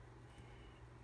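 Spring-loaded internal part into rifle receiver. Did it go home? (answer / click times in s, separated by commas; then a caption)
no / none. A spring-loaded internal part is being handled during reassembly of a Remington Nylon 66 rimfire rifle, fitted into the polymer receiver before being pushed forward. Only a steady low hum with faint broadband noise is heard, with no sharp hits. Nothing has snapped or seated yet.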